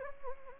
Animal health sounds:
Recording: mosquito wingbeat signal from an infrared sensor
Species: Anopheles gambiae

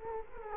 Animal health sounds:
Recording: mosquito wingbeat signal from an infrared sensor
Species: Culex quinquefasciatus

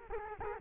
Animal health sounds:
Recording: mosquito wingbeat signal from an infrared sensor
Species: Culex quinquefasciatus

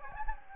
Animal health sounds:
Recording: mosquito wingbeat signal from an infrared sensor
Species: Anopheles gambiae

